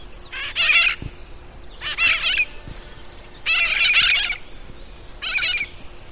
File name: Mitred Parakeet